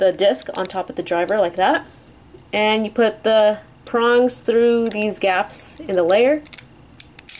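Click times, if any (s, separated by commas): 7.0 s, 7.2 s, 7.3 s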